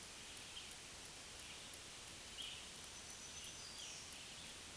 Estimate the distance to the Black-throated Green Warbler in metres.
about 55 m